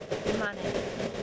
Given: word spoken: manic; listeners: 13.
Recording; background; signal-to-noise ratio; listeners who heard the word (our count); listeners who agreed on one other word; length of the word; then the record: one English word in noise, from a listening test; noise modulated by three-talker babble; -6.6 dB; 5 of 13; 6 of 13; 0.83 s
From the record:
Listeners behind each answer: 6, 5, 1, 1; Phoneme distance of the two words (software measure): 27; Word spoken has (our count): 2 syllables, 5 phonemes, stress on syllable 1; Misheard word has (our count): 2 syllables, 4 phonemes, stress on syllable 1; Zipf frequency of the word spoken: 3.43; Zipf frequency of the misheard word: 5.84